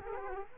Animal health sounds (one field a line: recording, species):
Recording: mosquito wingbeat signal from an infrared sensor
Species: Culex quinquefasciatus